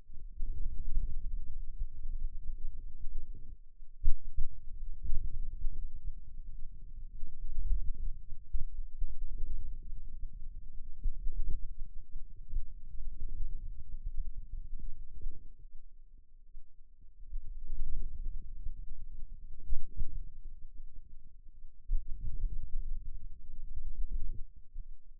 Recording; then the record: forearm muscle sounds (acoustic myography)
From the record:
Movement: wrist flexion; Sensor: system 2, bracelet of six BSWA MPA416 microphones around the upper forearm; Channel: 1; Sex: male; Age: 22 years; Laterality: right